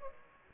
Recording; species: mosquito wingbeat signal from an infrared sensor; Aedes aegypti